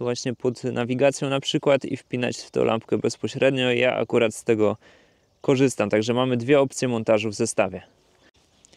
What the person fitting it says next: Når det kommer til montering, sættes lyset i med et tydeligt klik